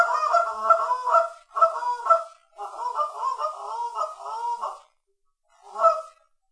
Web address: Goose -Canada